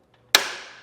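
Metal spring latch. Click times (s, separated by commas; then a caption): 0.3 s. Pressing down on the blue release button of the ratcheting wheel hold-down arm on a RockyMounts AfterParty Swing Away 2 hitch bike rack, mounted on a 2024 Ford Bronco, frees the arm to release the bike. After a faint tick, a single sharp, bright click sounds at 0.4 s and rings out for about half a second. The button has clicked and the arm is released.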